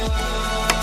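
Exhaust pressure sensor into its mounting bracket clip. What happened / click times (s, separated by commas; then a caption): The sensor snapped into its plastic mounting clip / 0.7 s. An exhaust back-pressure sensor on a BMW X6 is pressed into its plastic mounting clip on the bracket under the engine. A short, sharp click at 0.7 s stands out over a steady low background hum. The sensor is seated in its clip.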